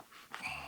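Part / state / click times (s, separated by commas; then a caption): plastic headset clip part into motorcycle helmet / seated / 0.3 s. A plastic part of a Cardo Gen 3 adapter clip for a Bluetooth headset is snapped into place on a motorcycle helmet. A single short, sharp click is heard at 0.3 s over a quiet background hiss, with a faint high tone lingering afterward. The part snaps in and seats, though a part pops off moments later.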